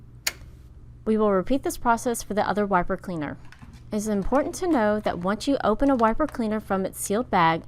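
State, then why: Seated. A wiper cleaner on a GTX-4 garment printer, its shaft seated in the notch arms of the flushing box, is folded left and pushed at the PUSH indicator, giving a sharp, tick-like click at 0.3 s as it locks into place. Someone then talks from about 1.1 s to the end.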